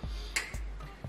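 A battery pack is slid along its guide slots into the body of a GSC60 cordless stick vacuum and pushed in firmly. It locks with a sharp, bright click at 0.4 s, with softer low thumps before and after. The pack is now seated and held fast.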